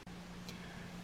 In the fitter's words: and then twist until it clicks